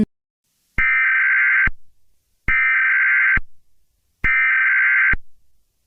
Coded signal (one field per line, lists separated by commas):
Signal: Emergency Alert System (SAME) tones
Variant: header bursts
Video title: (NUCLEAR POWER) The Last sample | EAS scenario (August 10th 2022)